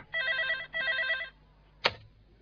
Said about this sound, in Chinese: 喂，电话啊，电话啊！